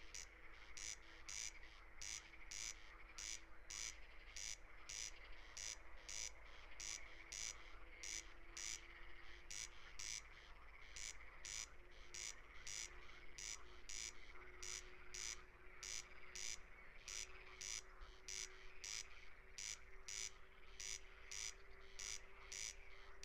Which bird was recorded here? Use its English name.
Corn Crake